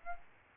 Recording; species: mosquito wingbeat signal from an infrared sensor; Aedes albopictus